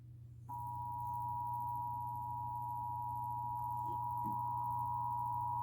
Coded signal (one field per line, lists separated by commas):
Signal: Emergency Alert System (SAME) tones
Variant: 853 and 960 Hz attention tone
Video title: (EAS #214-224) Required Monthly tests from 3/7/2022